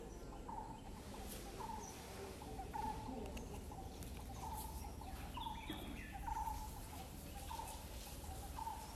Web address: White-cheeked Barbet